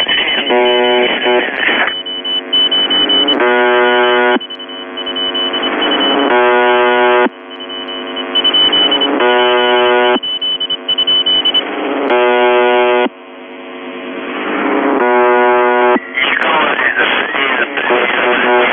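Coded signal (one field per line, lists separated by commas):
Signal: channel marker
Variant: UVB-76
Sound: repeated harsh, low buzzes lasting seconds, separated by hiss, with a high intermittent beeping tone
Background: radio static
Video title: The Buzzer/UVB-76(4625Khz) October 21, 2021 16:23UTC Voice message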